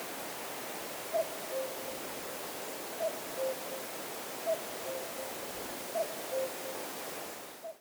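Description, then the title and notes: Common cuckoo giving its two-note cu-coo call, higher note then lower, repeated four times over steady background hiss. Near the Laya river, Arkhangelsk Region, Russia; recorded on a Zoom H4n. "кукушка, в районе реки Лая."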